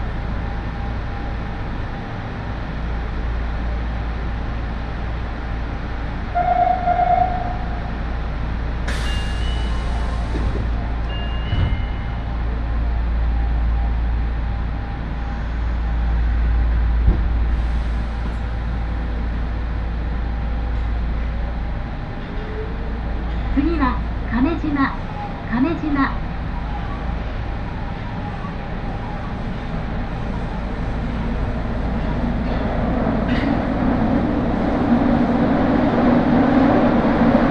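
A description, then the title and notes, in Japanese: A train ride on Nagoya's Aonami and Higashiyama lines: a steady low rumble runs throughout, with a short tone near 7 seconds and brief beeps around 9 and 12 seconds. A burst of rising whines or voice appears near 24 seconds, and the rumble swells toward the end. 鉄道旅 あおなみ線・東山線 金城ふ頭→荒子・高畑→名古屋。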